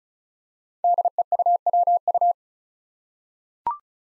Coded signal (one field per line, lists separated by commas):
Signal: Morse code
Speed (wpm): 36 wpm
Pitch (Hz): 700 Hz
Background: none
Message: DEUWU